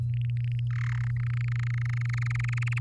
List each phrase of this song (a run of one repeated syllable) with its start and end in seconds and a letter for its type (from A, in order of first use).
0.09-0.60 A, 0.70-1.08 B, 1.10-2.79 C